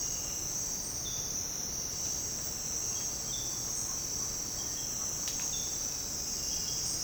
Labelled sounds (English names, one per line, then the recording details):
none
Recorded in secondary vegetation near Puerto Asís, Putumayo, Colombia, on 13 March 2025 at 07:00
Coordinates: 0.485, -76.322
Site G040